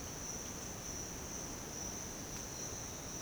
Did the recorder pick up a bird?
no